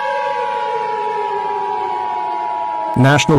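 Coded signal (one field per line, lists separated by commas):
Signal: Emergency Alert System (SAME) tones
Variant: 853 and 960 Hz attention tone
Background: speech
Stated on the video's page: Fictional EAS scenario, re-uploaded.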